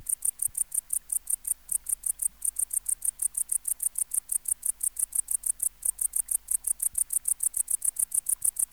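Tettigonia hispanica bush-cricket singing a continuous series of sharp, high buzzy chirps, rapidly and evenly repeated, with a faint low hum beneath.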